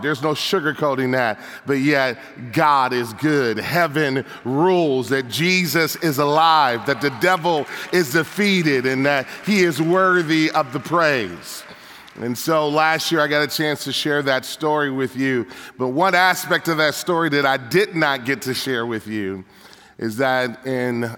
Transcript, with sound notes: There’s no sugar coating that, but yet God is good, Heaven rules, Jesus is alive, the devil is defeated, and He is worthy of the praise! (applause) And so last year I got a chance to share with you, but one aspect of the story that I did not get to share with you is that in